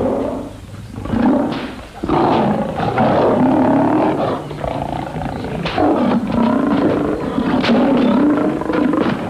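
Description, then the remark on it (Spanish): A lion roars and growls in a string of deep, rumbling bursts, loud and almost continuous, rising and falling with throaty snarls between the heavier roars. “No entiendo por qué quiere domar a los leones antes de enviarlos a América.”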